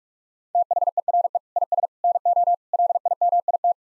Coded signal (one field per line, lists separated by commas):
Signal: Morse code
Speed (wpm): 46 wpm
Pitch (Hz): 700 Hz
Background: none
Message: THERE IS NO LIMIT